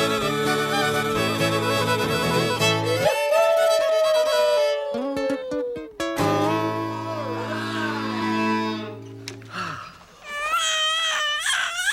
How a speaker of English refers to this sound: Uh-oh. I think all that noise has woken up the baby. Baby's waking in a cot, better get a rattle.